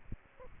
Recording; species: mosquito wingbeat signal from an infrared sensor; Aedes aegypti